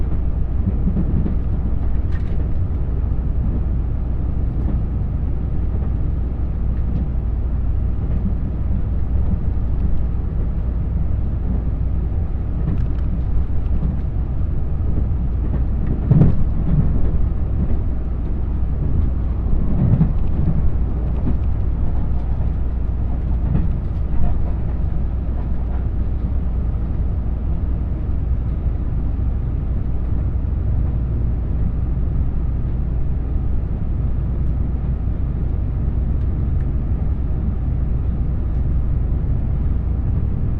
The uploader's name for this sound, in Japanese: 土讃線 大歩危→多度津 特急南風20号